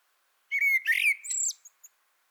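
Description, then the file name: Common blackbird giving one short phrase: a mellow fluted whistle sliding around mid pitch, then a burst of thin, squeaky high twitters, with silence around it. "Turdus merula"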